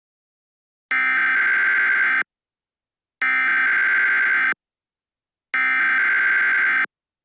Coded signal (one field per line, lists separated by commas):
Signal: Emergency Alert System (SAME) tones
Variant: header bursts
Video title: The Divided States of America | An EAS Scenario (READ DESC)